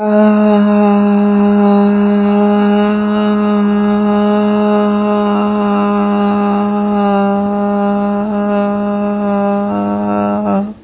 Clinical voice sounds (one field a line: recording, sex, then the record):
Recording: sustained vowel /a/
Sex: female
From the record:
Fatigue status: no fatigue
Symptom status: asymptomatic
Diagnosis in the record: COVID-19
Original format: 3gp